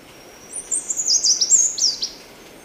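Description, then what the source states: Choco Vireo song: one quick, high, twittering phrase of slurred notes that swoop up and down for about a second and a half. Recorded in Ecuador.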